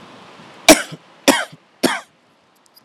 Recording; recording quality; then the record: heavy voluntary cough; moderate, slight background noise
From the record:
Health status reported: exposed to COVID-19, no respiratory illness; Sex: male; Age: 25 years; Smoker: yes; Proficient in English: yes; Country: India